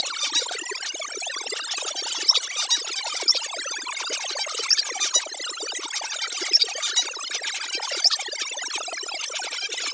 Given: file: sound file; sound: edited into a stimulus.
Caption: The Zebra finch song masked by modulation limited-noise.